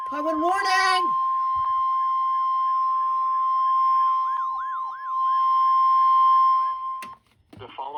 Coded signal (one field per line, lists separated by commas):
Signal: Emergency Alert System (SAME) tones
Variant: 1050 Hz attention tone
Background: speech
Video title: EAS 554 High Wind Warning